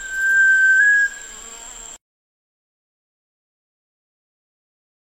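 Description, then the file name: Sunbittern song, a single long clear whistle lasting about a second with a small upward shift, followed by silence. "canto do pavaozinho do para"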